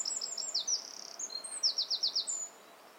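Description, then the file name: Eurasian wren song: rapid high-pitched trills and sharp chattering notes, a fast rattling series near the end before falling quiet. "Troglodytes troglodytes"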